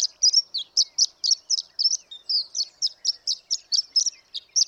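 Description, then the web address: Horned lark singing a steady stream of thin, high, twittering notes, about three to four per second, against a quiet background. "birdsongforthecurious Horned Lark"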